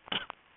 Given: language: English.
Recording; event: throat vibration sensor signal played as sound; cough